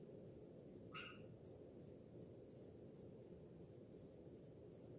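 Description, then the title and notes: Rhythmic high cricket chirps about three times a second, with one brief lower-pitched sound near the first second, all over a rushing ocean background. Summer night, with ocean sounds in the background. "Grilos, cigarras e oceano - Crickets, cicadas and waves. Som do mar ao fundo, grilos e cigarras em uma noite de verão – Ocean, crickets and cicadas in a summer night"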